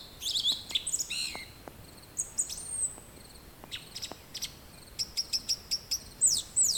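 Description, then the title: Song thrush song: varied high whistled and squeaky phrases, some notes repeated in quick series, over a steady background hiss. "Grive musicienne"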